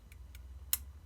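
The second ejector of an Eibar shotgun is pushed into the barrel monobloc. Two faint ticks at about 0.1 and 0.3 seconds rise over a low steady hum, then a sharp, loud metallic click at 0.7 seconds shows the ejector seating home.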